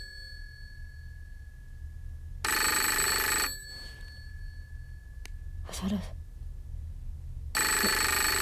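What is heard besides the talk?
telephone bell ringing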